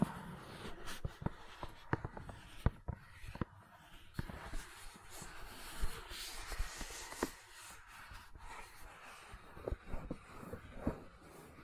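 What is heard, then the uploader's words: Gentle silicone sounds: soft, irregular taps and clicks fall every fraction of a second, with a few sharper snaps near the two- and seven-second marks. Underneath runs a steady, quiet hiss, and the handling stays light and unhurried throughout. ASMR Gentle Silicon Sounds for Sleep (No Talking).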